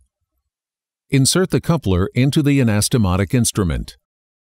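A GEM microvascular anastomotic coupler device is being inserted into its anastomotic applicator instrument. Someone talks from about 1.1 to 4.0 seconds, and nothing else stands out. The coupler is still being handled and has not clicked or seated in the instrument yet.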